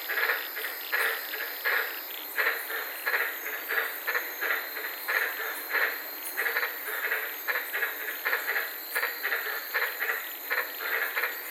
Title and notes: White Lipped Frog Podcast. I was sitting in my car in the Daintree rainforest in Queensland this night and fell asleep listening to these amazing White lipped frogs